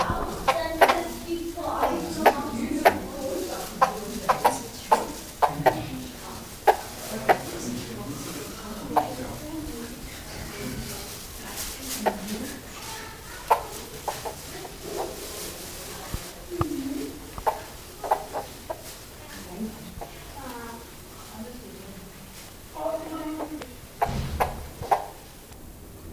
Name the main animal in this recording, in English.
Von Der Decken's Hornbill